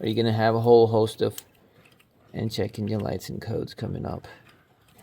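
A disconnected oxygen sensor wiring connector is handled near its mating harness plug on a Nissan Frontier engine, with the plastic latch not yet pushed home. Someone talks throughout, with a few faint ticks at about 1.9 s, 2.0 s and 5.0 s. Nothing has seated or clicked yet.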